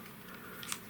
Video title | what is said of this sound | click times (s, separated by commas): How to Install a MicroSD Card in Your Nintendo Switch or Switch Lite | there you go and then you just kind of snap this | 0.7 s